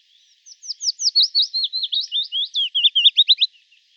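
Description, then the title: Willow warbler singing one full phrase: a rapid run of sweet, downward-slurred whistled notes, descending gently toward the end. "Sylvain Jaskowiak - Mes piafs. Pouillot fitis"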